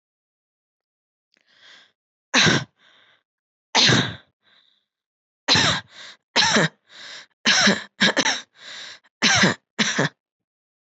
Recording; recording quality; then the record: heavy voluntary cough; excellent, no background noise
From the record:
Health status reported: healthy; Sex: female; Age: 55 years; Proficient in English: yes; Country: India